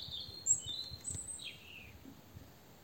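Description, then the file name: European robin giving thin, high whistled notes in a short burst, ending with a falling slide, over a quiet background with faint low rumble. "Erithacus rubecula"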